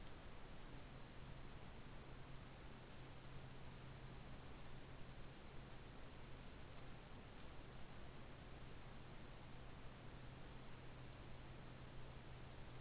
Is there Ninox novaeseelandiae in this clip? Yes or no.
no